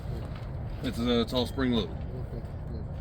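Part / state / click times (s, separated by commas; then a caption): spring-loaded catch into the tractor hood latch / not seated / none. A spring-loaded catch on the hood latch of a TYM 4820 tractor is being handled. Someone talks over a steady low rumble of background noise. Nothing has seated or clicked yet.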